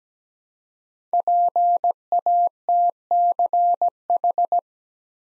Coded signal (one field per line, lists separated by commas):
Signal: Morse code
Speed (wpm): 17 wpm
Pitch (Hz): 700 Hz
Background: none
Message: PATCH